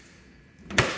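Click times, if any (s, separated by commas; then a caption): 0.8 s. The center section of a Quik-Latch QL-38 hood pin latch on a carbon fiber RKSport car hood is pushed down until it latches. After a quiet start, a soft scrape begins around 0.7 s and leads into a sharp, bright click at 0.8 s. The latch clicks shut and is seated.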